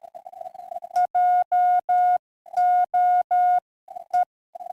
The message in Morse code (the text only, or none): JOE